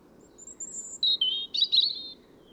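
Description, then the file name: European robin song, with a drawn-out high whistle, then lower sweet notes and a brief jumbled twitter, over soft faint background hiss. "Erithacus rubecula"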